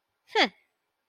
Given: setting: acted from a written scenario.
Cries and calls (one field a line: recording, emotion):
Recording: vocal sound without words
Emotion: neutral